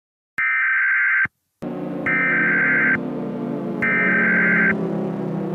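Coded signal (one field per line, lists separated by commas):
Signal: Emergency Alert System (SAME) tones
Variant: header bursts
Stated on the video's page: Fictional EAS scenario.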